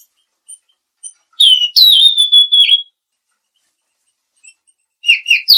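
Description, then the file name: Mangrove blue flycatcher sings a high whistled phrase ending in a sustained wavering whistle, then after a quiet gap begins another phrase. "suara burung tledekan laut"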